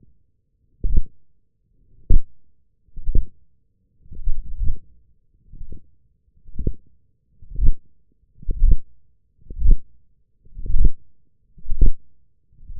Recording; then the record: forearm muscle sounds (acoustic myography)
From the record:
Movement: wrist extension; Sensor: system 1, eight BSWA MPA416 microphones around the upper forearm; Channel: 5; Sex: male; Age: 21 years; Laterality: right